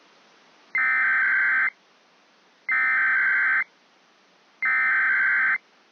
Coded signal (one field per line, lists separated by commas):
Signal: Emergency Alert System (SAME) tones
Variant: header bursts